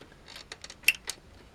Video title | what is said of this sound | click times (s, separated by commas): Building my PC pt.11 Installing the C drive (S4E04) | you kind of hear that snap | 0.9 s